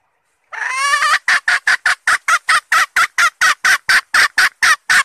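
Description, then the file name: Red junglefowl hen call: one extended raspy note leading into a long steady series of short, sharp clucks. Female (hen) red junglefowl calling to find a mate. "tieng ga rung mai keu tim kiem ban tinh"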